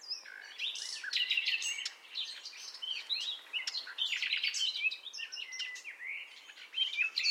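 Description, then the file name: Common nightingale in continuous varied song, with bright whistles, buzzy notes and rapid chatters, against a steady low hiss of background noise. "Luscinia megarhynchos"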